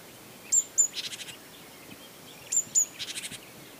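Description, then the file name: Great tit calls: two very high, thin whistled notes followed by a quick buzzy rattle of about six notes, the whole phrase given twice about two seconds apart. "Parus major"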